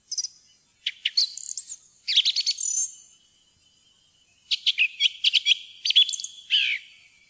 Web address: fuglelyder maaltrost